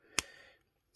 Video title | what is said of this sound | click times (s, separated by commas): RG Real Grade BOOTLEG Nu Gundam Heavy Weapons System HWS Add On - 1/144 Gunpla - Review | nice and snug, nice and secure, with a nice click. | 0.2 s